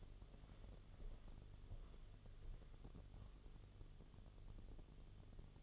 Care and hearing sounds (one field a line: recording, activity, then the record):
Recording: daily activity, microphone in the room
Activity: walk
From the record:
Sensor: 4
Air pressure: 1016.2 hPa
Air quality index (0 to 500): 166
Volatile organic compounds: 6 ppm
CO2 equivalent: 1892 ppm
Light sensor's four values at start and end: 10/22/9/8 and 10/21/8/8